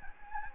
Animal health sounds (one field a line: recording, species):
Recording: mosquito wingbeat signal from an infrared sensor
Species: Anopheles gambiae